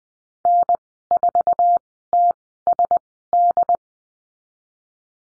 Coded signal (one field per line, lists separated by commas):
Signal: Morse code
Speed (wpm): 19 wpm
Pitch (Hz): 700 Hz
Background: none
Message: N4TSD